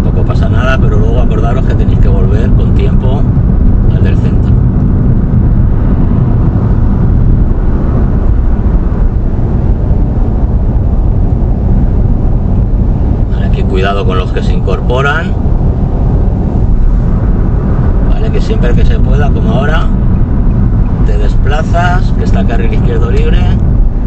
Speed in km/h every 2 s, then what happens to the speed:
87, 87, 84, 84, 85, 86, 86, 85, 83, 82, 80, 82.
0-13 steady at about 86. 13-20 slows to 80.